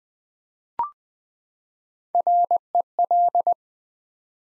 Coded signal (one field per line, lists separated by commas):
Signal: Morse code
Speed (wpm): 20 wpm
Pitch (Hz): 700 Hz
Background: none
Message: REL